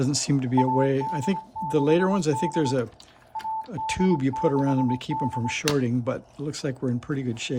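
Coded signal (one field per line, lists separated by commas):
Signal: Morse code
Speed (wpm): 22 wpm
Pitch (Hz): 880 Hz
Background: speech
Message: AD6D AD6D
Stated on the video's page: CW sent with a homemade key built from old relay contacts, on an Elecraft KBT1 / K1 QRP rig.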